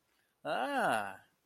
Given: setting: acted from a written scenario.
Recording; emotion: vocal sound without words; interest